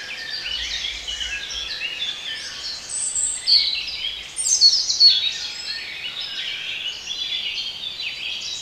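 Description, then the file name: Many birds singing at once: busy high twittering and trills, a few sharper whistled notes standing out near the middle, over a constant faint hiss. Bird sounds intended for relaxation. "relaksacja odglosy ptakow"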